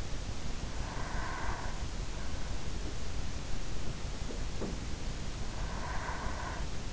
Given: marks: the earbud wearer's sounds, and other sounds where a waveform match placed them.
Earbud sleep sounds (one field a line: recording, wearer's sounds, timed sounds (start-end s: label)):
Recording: sounds in sleep by an in-ear microphone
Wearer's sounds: breath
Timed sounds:
0.32-2.66 s: breath
5.28-6.93 s: breath